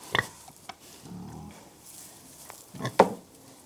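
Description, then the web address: Pig grunt, a low harmonic rumble lasting about half a second, framed by sharp knocks and clatter before and after. Pigs grunting; livestock. "The BBC Sound Effects Library Livestock Pigs Grunting"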